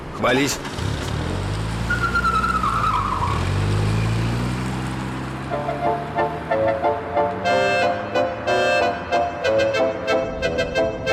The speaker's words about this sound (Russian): Они садятся в машину. Надя садится к Грише. Ну ладно. Они уезжают.